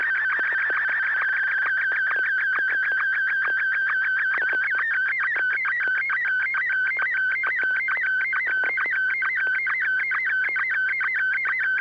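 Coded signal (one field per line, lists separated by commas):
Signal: SSTV (slow-scan television)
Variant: Martin 1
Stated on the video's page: SSTV net on an FM repeater, 441.300 MHz, Sacramento.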